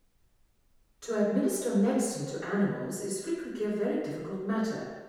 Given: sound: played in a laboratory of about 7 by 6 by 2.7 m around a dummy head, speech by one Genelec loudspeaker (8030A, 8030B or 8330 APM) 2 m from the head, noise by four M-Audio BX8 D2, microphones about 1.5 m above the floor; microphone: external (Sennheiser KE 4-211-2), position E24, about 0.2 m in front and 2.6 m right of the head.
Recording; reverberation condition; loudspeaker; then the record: female speech in English; high; 60 degrees to the left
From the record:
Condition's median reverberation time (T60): about 1300 ms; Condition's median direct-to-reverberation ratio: about -4.0 dB